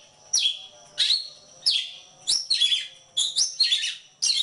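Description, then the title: Oriental magpie-robin with strong, shrill downslurred whistles, several emphatic notes in a few seconds, some in quick doublets. Kacer poci form; national champion competition bird; chatty (gacor) singer using nembak (shooting) and ngerol (rolling) song styles; seven song types every three minutes. "Kacer Poci Gacor Nembak Dan Ngerol Juara Nasional. 7 macam suara kacer setiap 3 menit"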